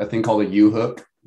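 A webcam's flexible tube is being handled at the U hook on its spring clip mount while someone talks. The clip ends before the tube goes home, so nothing has seated or clicked yet.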